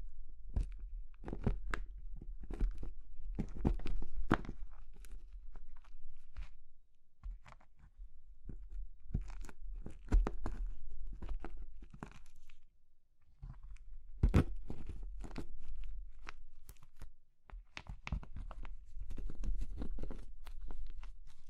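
Crumbly material such as soap, chalk or meringue is crushed in a quick series of sharp crunches and crackles, packed densely with brief pauses near 7, 13 and 17 seconds. A low steady rumble sits underneath, and the crunching stays bright and irregular throughout.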